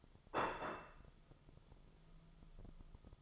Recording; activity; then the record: daily activity, microphone in the room; place plate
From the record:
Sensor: 5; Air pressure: 995.4 hPa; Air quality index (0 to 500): 85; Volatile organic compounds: 4 ppm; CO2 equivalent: 1575 ppm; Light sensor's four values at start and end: 24/59/23/22 and 24/59/23/22